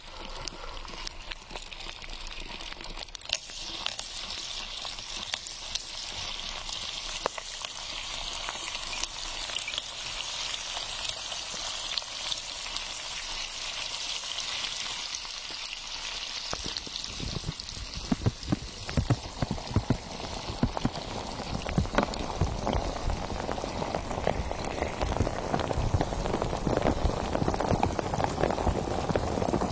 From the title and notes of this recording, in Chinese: 气泡水的声音。